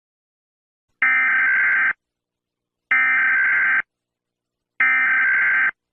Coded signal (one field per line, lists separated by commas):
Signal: Emergency Alert System (SAME) tones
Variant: header bursts